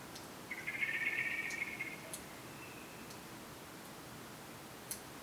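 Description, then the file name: Common blackbird calling once with a short, harsh, buzzing trill, followed by quiet hiss and a few soft ticks. "Turdus merula"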